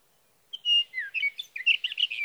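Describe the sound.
Sage thrasher song fragment: a clear whistled note and a downslurred phrase, then a rush of quick warbled notes.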